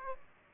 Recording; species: mosquito wingbeat signal from an infrared sensor; Aedes aegypti